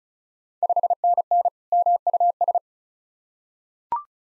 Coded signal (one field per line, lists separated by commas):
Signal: Morse code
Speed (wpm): 36 wpm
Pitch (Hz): 700 Hz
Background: none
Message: 5NN MUS